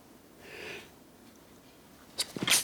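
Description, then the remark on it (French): A soft, breathy intake of air, then a pause before a sudden sharp, hissing burst of a sneeze at the very end. There is no talking. “Et ensuite, j'ai besoin d'éternuer, attendez.”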